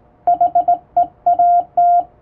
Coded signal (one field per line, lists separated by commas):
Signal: Morse code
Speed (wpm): 19 wpm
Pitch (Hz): 700 Hz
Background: radio noise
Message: HEAT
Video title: 【Radio operator morse code training】This is Morse code practice video. There is morse exam in japan.